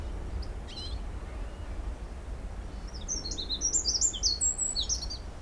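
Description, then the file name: Eurasian wren song, a quick series of high, sharp notes and trills in the second half, after a brief faint call near the start and low rumble. "Troglodytes troglodytes"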